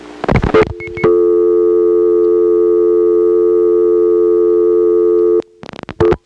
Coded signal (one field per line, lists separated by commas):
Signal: telephone call progress tone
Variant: North America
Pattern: dial tone